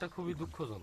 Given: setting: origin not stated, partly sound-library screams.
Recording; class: one-second piece from a danger detection set; normal situation